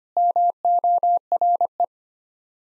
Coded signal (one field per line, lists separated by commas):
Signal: Morse code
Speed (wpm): 25 wpm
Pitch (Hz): 700 Hz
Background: none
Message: MORE